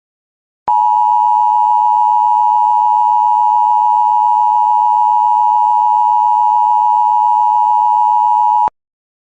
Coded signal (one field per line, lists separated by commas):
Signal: Emergency Alert System (SAME) tones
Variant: 853 and 960 Hz attention tone